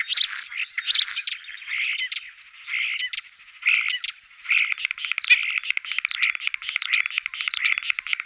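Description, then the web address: Common starling singing a varied medley: high whistles at the start, then grating chatter, rattles and fast clicking notes building into a dense, continuous buzzy stream. "Voegel Star"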